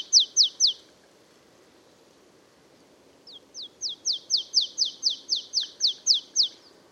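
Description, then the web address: Marsh tit calling with sharp, high notes: three quick notes, a pause of over two seconds, then a long steady run of about a dozen notes. "cibra valsolda. Cincia bigia"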